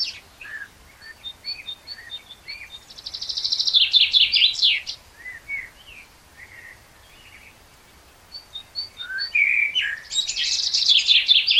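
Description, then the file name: Common blackbird song with scattered soft whistles, a loud burst of high twittering, quieter notes, then another long run of shrill chatter. "Turdus merula"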